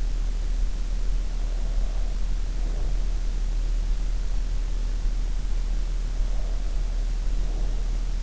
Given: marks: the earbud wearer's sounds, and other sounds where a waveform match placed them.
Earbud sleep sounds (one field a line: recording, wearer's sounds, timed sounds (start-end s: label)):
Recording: sounds in sleep by an in-ear microphone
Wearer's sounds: breath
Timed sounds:
1.31-3.27 s: breath
6.27-8.23 s: breath